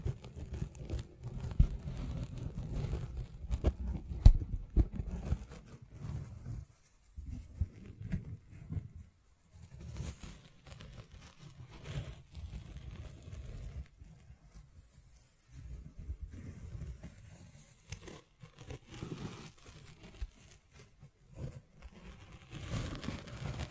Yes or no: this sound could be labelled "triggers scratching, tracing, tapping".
yes